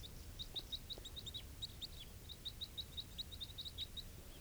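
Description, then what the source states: Red crossbill calls: a rapid run of short, sharp high chips, repeated steadily throughout over faint low background noise. Call type 3; recorded near a net setup around 9:52.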